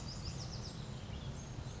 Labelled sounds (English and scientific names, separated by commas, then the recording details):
Bewick's Wren (Thryomanes bewickii)
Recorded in Sonoma County, California